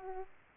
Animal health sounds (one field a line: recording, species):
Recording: mosquito wingbeat signal from an infrared sensor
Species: Aedes aegypti